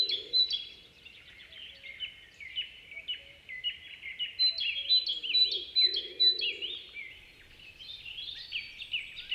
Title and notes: Chorus de charbonnière. 07 avril 2019-Forêt de Val Drôme. Mésange charbonnière en forêt. ce chant répétitif à deux notes